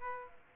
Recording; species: mosquito wingbeat signal from an infrared sensor; Aedes aegypti